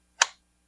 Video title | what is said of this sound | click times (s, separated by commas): Station IX -Number 12 "Undercover" - Best Pikal or Edge Forward Tactical Fixed Blade? | and then it clicks in so you can hear it clicked | 0.2 s